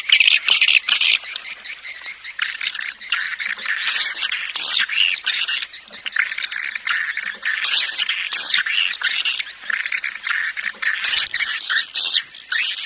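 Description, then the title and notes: Swiftlet calls, long stretch of fast, high, rattling chirps, with occasional louder rasping phrases breaking through. Swiftlet farming sound from Asia. "Swiflet Bird Sound. Farming Swiflet Bird asia sound"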